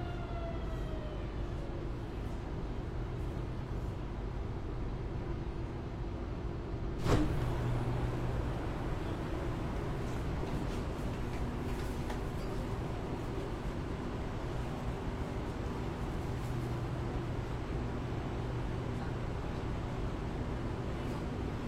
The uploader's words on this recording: Cooling in Metro, Shenzhen. 深圳地铁冷气开得很足. 那天下午三四点的样子，我从地铁 1 号线鲤鱼门站上车. 地铁里没什么人，很干净，很凉快，然后录下了这段音频。